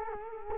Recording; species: mosquito wingbeat signal from an infrared sensor; Culex quinquefasciatus